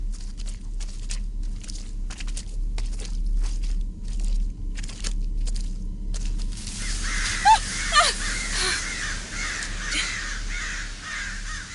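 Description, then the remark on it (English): Many crows caw in a harsh, overlapping chorus, the calls repeating in ragged bursts over a steady low rumble, with crunchy footstep-like crackles early on. “They're just stupid old crows. There are so many of them.”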